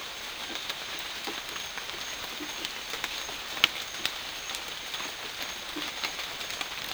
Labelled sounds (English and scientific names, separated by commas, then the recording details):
none
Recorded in dense forest near Puerto Asís, Putumayo, Colombia, on 12 March 2025 at 08:30
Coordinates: 0.500, -76.322
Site GP06